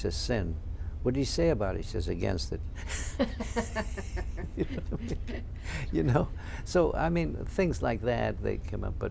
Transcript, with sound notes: He says, "Sin." "What'd he say about it?" He says, "Against it." ( they laugh ) You know? So, I mean, things like that, they come up.